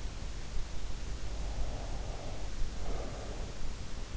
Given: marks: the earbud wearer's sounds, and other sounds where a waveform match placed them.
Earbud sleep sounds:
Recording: sounds in sleep by an in-ear microphone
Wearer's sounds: breath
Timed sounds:
1.28-3.78 s: breath

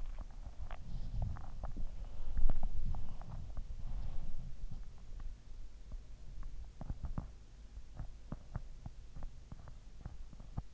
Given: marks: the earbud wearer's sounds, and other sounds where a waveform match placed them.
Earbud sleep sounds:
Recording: sounds in sleep by an in-ear microphone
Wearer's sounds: body movement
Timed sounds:
0.00-10.74 s: body movement

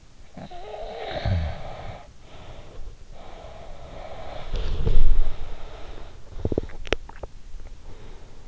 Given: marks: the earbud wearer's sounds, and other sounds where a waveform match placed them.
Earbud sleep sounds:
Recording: sounds in sleep by an in-ear microphone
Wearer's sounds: snoring breath, body movement, swallowing, breath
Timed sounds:
0.40-2.82 s: snoring breath
2.92-6.05 s: snoring breath
4.16-5.72 s: body movement
6.21-7.32 s: swallowing
6.52-8.48 s: breath

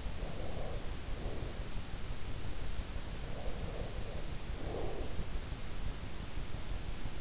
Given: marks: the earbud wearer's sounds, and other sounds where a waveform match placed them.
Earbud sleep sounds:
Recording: sounds in sleep by an in-ear microphone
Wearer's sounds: breath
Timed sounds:
0.23-1.60 s: breath
3.20-5.18 s: breath

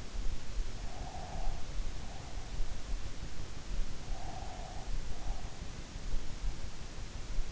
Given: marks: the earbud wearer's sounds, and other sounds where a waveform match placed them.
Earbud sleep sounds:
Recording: sounds in sleep by an in-ear microphone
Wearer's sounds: breath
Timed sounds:
0.91-2.65 s: breath
4.14-5.82 s: breath

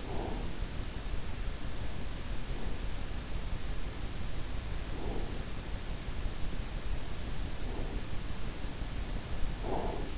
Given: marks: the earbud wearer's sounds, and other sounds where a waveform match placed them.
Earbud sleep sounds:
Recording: sounds in sleep by an in-ear microphone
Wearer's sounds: breath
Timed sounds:
0.00-0.58 s: breath
7.40-8.21 s: breath
9.60-10.17 s: breath

